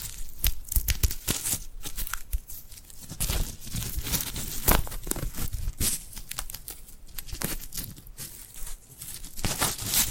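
Hands coated in glue make sticky, peeling sounds as skin pulls apart, with crackly tearing and crinkling textures. Bursts come in quick, irregular clusters throughout, with sharper louder peels around three and five seconds and brief quieter gaps between.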